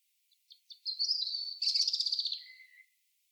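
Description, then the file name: European robin singing a single high phrase: a few thin introductory ticks, then a rapid shimmering warble that drops to a lower drawn-out note at the end. "Erithacus rubecula"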